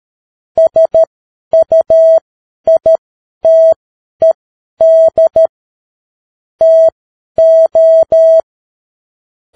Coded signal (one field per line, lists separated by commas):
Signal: Morse code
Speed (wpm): 13 wpm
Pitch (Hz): 650 Hz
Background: none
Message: SUITED TO